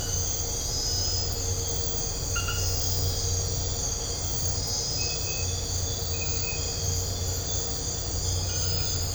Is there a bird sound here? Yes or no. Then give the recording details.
no. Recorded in dense forest near Puerto Asís, Putumayo, Colombia, on 4 March 2025 at 03:00. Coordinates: 0.468, -76.322. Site GP01